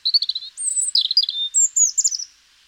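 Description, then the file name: European robin song: a rapid run of high, thin warbled notes and trills, shifting between pitches in quick phrases, with no other sounds. "Erithacus rubecula"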